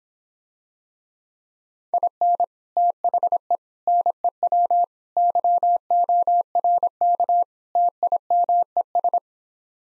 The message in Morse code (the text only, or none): IN THE NEW YORK TIMES